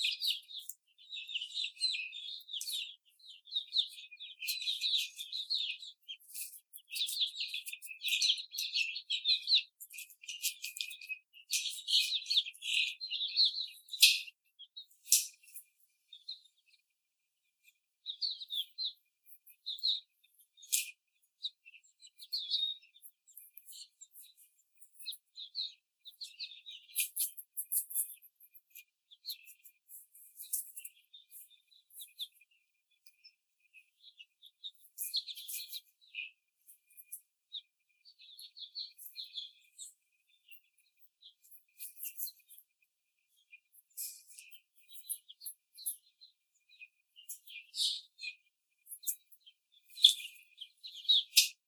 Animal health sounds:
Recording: young laying hens in a cage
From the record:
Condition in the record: after the stressor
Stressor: simulated dog barking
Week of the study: 4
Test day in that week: 2

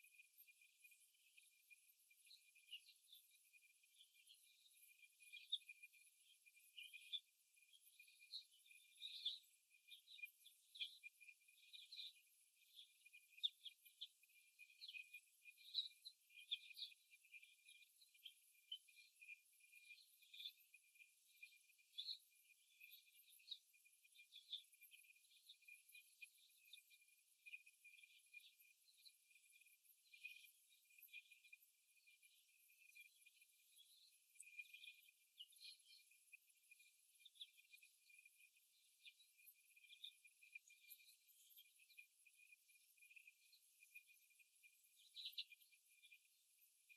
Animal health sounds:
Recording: young laying hens in a cage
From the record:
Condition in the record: before the stressor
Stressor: simulated dog barking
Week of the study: 1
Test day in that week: 1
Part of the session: 3

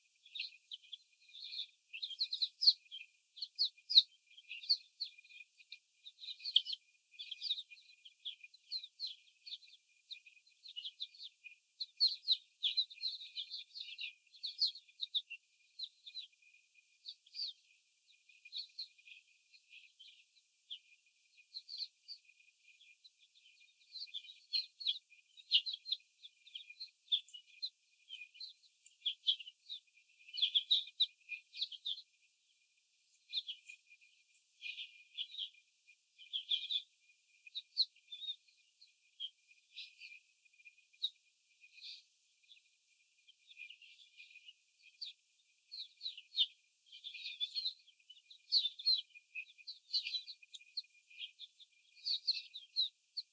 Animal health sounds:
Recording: young laying hens in a cage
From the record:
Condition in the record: after the stressor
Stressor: simulated dog barking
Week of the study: 4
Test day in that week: 3

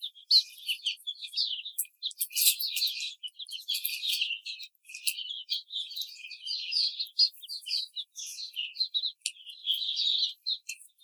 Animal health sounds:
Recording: young laying hens in a cage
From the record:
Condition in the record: treatment cage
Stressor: simulated dog barking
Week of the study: 5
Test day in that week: 1

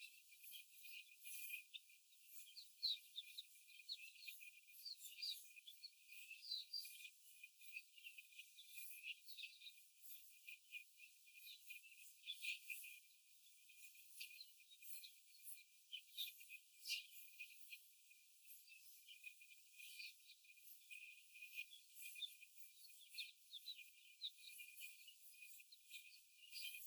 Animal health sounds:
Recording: young laying hens in a cage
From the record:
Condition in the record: before the stressor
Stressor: simulated dog barking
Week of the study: 4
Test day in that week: 1

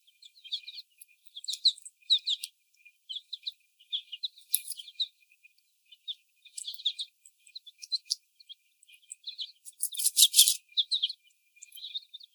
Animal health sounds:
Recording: young laying hens in a cage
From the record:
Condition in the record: before the stressor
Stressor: sudden umbrella opening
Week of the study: 1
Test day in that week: 1

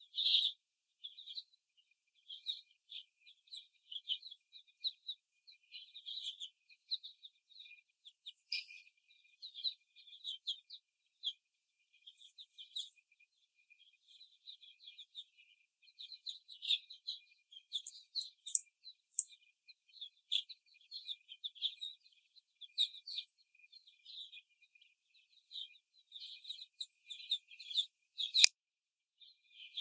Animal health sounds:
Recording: young laying hens in a cage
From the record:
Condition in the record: before the stressor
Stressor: simulated dog barking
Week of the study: 1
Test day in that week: 2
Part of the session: 2

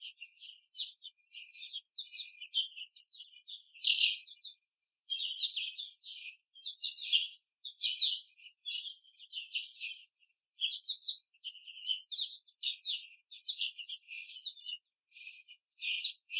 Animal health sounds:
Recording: young laying hens in a cage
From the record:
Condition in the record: before the stressor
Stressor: simulated dog barking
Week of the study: 3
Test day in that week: 1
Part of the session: 4

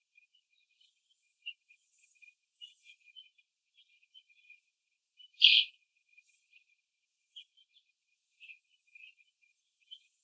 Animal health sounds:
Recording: young laying hens in a cage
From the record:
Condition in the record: after the stressor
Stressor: simulated dog barking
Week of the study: 2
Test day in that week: 2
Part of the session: 2

